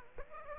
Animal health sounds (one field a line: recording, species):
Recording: mosquito wingbeat signal from an infrared sensor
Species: Aedes aegypti